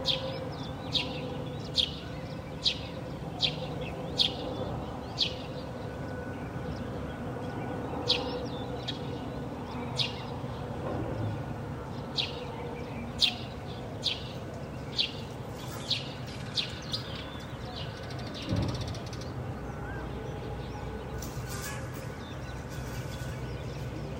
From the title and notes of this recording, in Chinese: 这段声音来自于4月23日的早晨。Kidd发来大理清晨的声音。听到陆续传出来的鸟叫声，一只，两只，三只，有的叽叽喳喳，有的布谷布谷。都是用简单的设备录制而成，没有经过太多修饰。